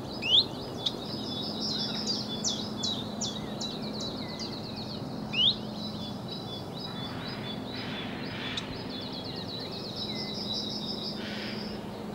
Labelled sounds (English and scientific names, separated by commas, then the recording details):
Common Chiffchaff (Phylloscopus collybita) song
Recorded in the wild
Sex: male
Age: adult
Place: Villach, Kärnten, AT
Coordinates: 46.59, 13.825
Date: 1971-04-20
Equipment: Uher 4100 Report-V, Sennheiser MKH 804
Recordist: Brunner, Thomas